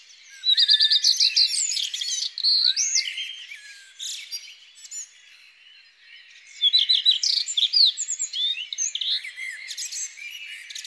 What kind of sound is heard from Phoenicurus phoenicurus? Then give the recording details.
song. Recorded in the wild. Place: Freiburg im Breisgau / Lehen, Baden-Württemberg, DE. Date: 2001-05-30. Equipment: MiniDisc Sharp MT 20 H. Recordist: Schwarz, Dieter